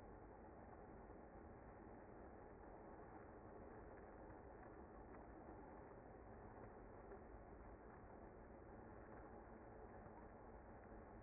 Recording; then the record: honeybee colony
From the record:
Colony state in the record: active